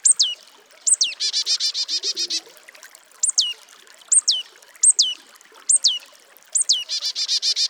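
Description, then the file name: Marsh Tit giving sharp downslurred whistled notes in quick succession, broken by two buzzy nasal chattering runs. "Poecile palustris"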